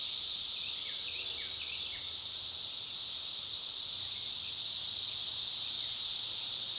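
Cicadas in a dense chorus, a steady high hissing buzz that never pauses, with a few faint short chirps near the start.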